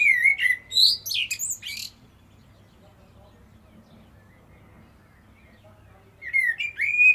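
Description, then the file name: Common blackbird delivering loud, clear warbled notes followed by high twittering, a silent stretch, then another phrase of rich whistled notes. "Turdus merula"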